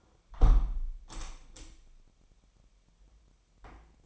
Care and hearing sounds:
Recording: daily activity, microphone in the room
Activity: close window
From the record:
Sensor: 1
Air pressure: 998.1 hPa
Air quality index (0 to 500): 138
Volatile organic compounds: 4 ppm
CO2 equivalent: 1657 ppm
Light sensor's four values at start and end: 16/54/21/22 and 16/54/22/22

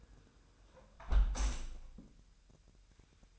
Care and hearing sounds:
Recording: daily activity, microphone in the room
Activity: close window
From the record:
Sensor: 2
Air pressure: 999.7 hPa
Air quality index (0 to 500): 218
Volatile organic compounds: 47 ppm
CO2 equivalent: 3248 ppm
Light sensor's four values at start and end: 8/19/8/8 and 8/19/8/8

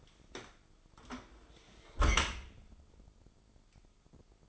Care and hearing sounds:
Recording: daily activity, microphone in the room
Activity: close dishwasher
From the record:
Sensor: 5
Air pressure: 996.0 hPa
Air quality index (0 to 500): 103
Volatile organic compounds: 7 ppm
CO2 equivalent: 1980 ppm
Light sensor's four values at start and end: 42/100/41/44 and 42/99/41/44

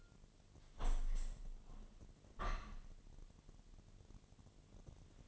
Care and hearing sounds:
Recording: daily activity, microphone in the room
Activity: open window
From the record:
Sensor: 4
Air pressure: 1007.2 hPa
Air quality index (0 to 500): 184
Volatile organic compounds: 6 ppm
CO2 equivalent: 1838 ppm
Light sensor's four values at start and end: 23/73/28/27 and 23/74/28/27

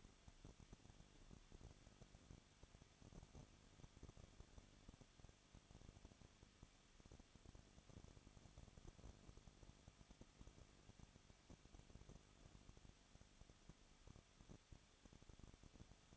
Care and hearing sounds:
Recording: daily activity, microphone in the room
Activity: no activity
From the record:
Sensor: 4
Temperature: 23.0 degrees Celsius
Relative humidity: 34.5%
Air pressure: 1007.2 hPa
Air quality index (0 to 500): 216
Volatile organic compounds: 15 ppm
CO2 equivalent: 2512 ppm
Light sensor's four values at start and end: 2/3/1/1 and 2/3/1/1

